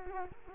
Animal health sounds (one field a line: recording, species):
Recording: mosquito wingbeat signal from an infrared sensor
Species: Culex quinquefasciatus